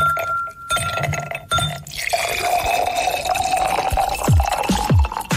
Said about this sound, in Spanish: Estamos seguros de que con solo oír los hielos y la servida de esta bebida, te antojaste de un Mr. T.